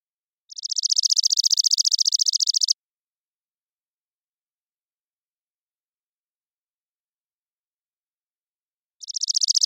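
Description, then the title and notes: Chipping sparrow giving two dry, even trills of rapid chips, the first about two seconds long, a long silent pause, then the next trill beginning. Trilling song of a single bird, recorded with a parabolic microphone in the Pacific Northwest, Washington, United States; common in intermixed tree-grass open spaces. "Chipping Sparrow, Spizella passerina, trilling song, single species parabolic recording, single bird performance, natural pace, rhythm, & dynamics maintained, common voice of intermixed tree-grass open spaces Recorded in the beautiful Pacific Northwest, Washington, United States"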